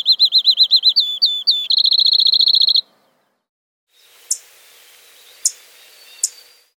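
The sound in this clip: Field sparrow song: wavering whistled notes speeding into a steady high trill, then a pause and three sharp chips.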